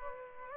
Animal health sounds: mosquito wingbeat signal from an infrared sensor; Culex pipiens

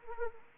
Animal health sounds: mosquito wingbeat signal from an infrared sensor; Anopheles arabiensis

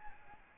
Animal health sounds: mosquito wingbeat signal from an infrared sensor; Aedes albopictus

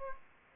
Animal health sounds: mosquito wingbeat signal from an infrared sensor; Aedes aegypti

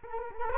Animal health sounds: mosquito wingbeat signal from an infrared sensor; Culex quinquefasciatus

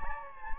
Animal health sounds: mosquito wingbeat signal from an infrared sensor; Anopheles gambiae

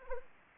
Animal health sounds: mosquito wingbeat signal from an infrared sensor; Anopheles arabiensis

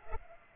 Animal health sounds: mosquito wingbeat signal from an infrared sensor; Culex pipiens

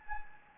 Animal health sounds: mosquito wingbeat signal from an infrared sensor; Anopheles gambiae

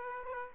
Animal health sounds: mosquito wingbeat signal from an infrared sensor; Aedes aegypti

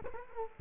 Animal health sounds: mosquito wingbeat signal from an infrared sensor; Culex quinquefasciatus

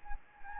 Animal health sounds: mosquito wingbeat signal from an infrared sensor; Anopheles gambiae

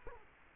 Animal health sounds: mosquito wingbeat signal from an infrared sensor; Culex quinquefasciatus

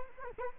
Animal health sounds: mosquito wingbeat signal from an infrared sensor; Culex quinquefasciatus

